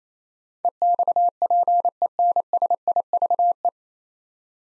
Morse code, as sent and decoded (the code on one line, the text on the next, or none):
. -..- .--. . -. ... .. ...- .
EXPENSIVE